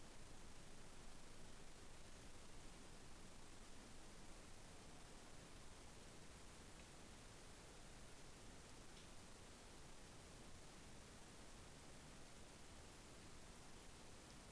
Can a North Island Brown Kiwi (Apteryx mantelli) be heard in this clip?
no